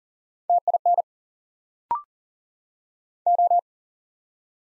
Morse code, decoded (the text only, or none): TIN O